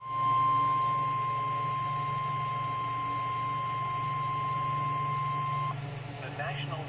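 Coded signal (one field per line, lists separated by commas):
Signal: Emergency Alert System (SAME) tones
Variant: 1050 Hz attention tone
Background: speech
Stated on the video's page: Severe Thunderstorm Warning on NOAA Weather Radio, received on a radio with a makeshift wire external antenna.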